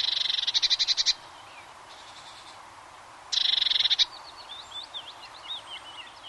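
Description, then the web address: Eurasian blue tit singing two fast, rattling trills about a second long each, separated by a pause, with soft twittering after the second. "bbc Bird Song Site Blue Tit - Mesange (tit)"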